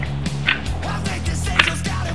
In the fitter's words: You know, it's all clicked in. Everything's flush.